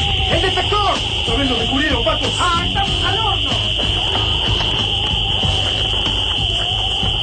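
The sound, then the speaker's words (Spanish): A loud alarm blares across Plaza San Martín as one steady, unbroken high-pitched tone for the whole stretch, with voices and a busy rumble of commotion underneath. “La alarma vuelve lava candente a Plaza San Martín.”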